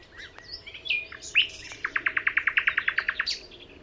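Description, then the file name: Common nightingale song: a few scattered chirps and a bright upslurred note, then a rapid run of many evenly repeated notes, ending in a short high flourish. "Luscinia megarhynchos"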